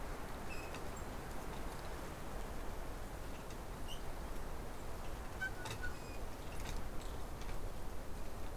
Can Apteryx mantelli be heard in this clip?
no